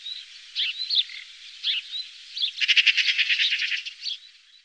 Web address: Faglar Sound Skata